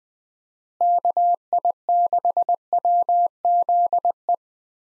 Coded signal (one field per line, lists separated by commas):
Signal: Morse code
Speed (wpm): 21 wpm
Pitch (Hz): 700 Hz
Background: none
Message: KI6WZE